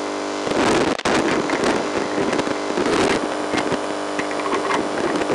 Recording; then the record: brain microelectrode recording played as sound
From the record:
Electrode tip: inside the subthalamic nucleus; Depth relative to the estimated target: -3 mm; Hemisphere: left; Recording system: NeuroSet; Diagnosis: Parkinson's disease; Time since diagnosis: 8 years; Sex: male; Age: 58 years